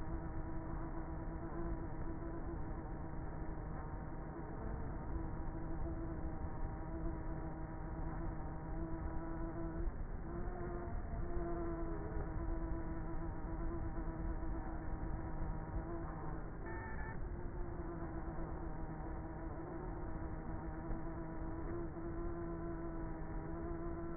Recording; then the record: honeybee colony, microphone inside the hive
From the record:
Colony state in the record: queenless with a low population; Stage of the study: before two queens were removed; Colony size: about 30,000 bees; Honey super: no